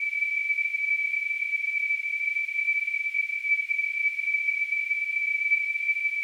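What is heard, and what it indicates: Simulated tinnitus: a steady, continuous high-pitched tone near 2.3 kHz with a faint hiss around it, unchanging throughout.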